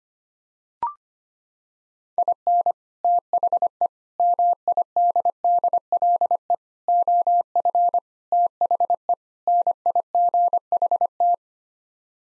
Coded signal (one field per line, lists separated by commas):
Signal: Morse code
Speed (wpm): 25 wpm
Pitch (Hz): 700 Hz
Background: none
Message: IN THE MIDDLE OF THE NIGHT